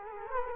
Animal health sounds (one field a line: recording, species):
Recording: mosquito wingbeat signal from an infrared sensor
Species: Culex quinquefasciatus